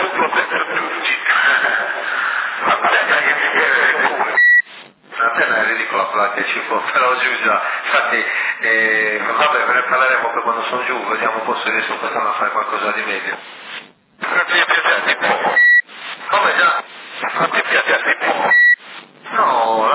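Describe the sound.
Muffled, narrowband speech on a 40-channel CB radio with adjustable power and delta tune, broken into transmissions, each ending with a short, high-pitched roger beep just before the signal cuts out; the beep sounds three times.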